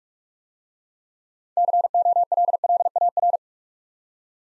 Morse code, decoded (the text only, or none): COLLAR